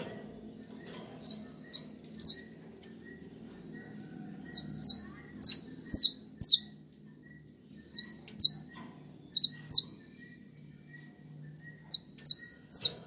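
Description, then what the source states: Domestic canary calling with rapid, high, clipped chirps, often in twos and threes, over a low background hum. Portuguese canary breed.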